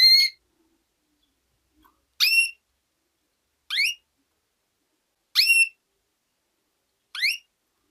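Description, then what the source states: Canary repeating a sharp, high call five times at fairly even intervals, in otherwise quiet surroundings. Female bird.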